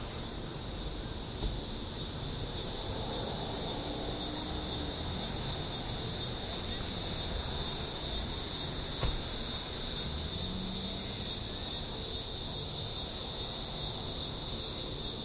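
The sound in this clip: Cicada chorus, an unbroken shrill buzz holding steady for the whole stretch, with a few faint low background sounds.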